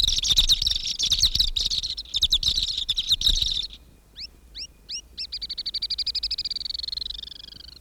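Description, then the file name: Pied kingfisher giving rapid, harsh twittering chatter for several seconds, then a few separate sharp chirps, then a fast even series of squeaky notes. "Ceryle rudis -- Pied Kingfisher"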